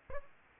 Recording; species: mosquito wingbeat signal from an infrared sensor; Aedes aegypti